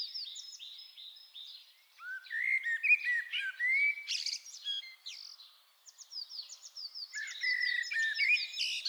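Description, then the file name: Common blackbird singing twice: thin twitters leading into rich low whistles and a shrill burst, a short gap, then another warbled phrase with high chittering. "Turdus merula"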